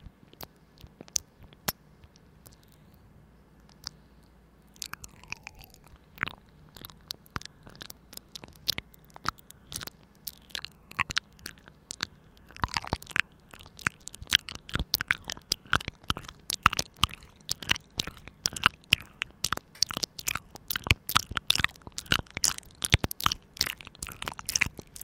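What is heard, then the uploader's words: Mouth sounds: wet clicks and crunchy smacks, sparse at first, then growing dense and rapid after about 13 seconds. The sharp, bright pops come in quick irregular bursts over a faint low hum, with a brief falling squeak near 5 seconds. 口腔音 | Mouth Sounds.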